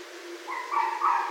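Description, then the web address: Red fox cry, a drawn-out whining note that steps upward and grows louder toward the end, over a steady hiss. Recorded 31 December 2011. "Red Fox 2011 12 31 Red Fox"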